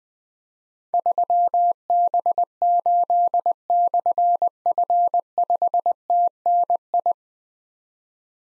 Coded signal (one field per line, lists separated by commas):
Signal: Morse code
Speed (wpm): 21 wpm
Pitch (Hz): 700 Hz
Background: none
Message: 3B8/F5TNI